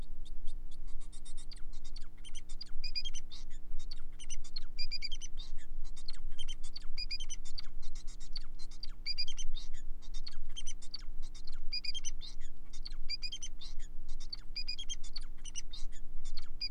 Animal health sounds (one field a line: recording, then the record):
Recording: song of a male Bengalese finch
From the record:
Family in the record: son of father 4